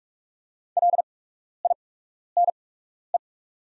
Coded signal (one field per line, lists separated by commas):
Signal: Morse code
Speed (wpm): 44 wpm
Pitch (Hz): 700 Hz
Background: none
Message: LINE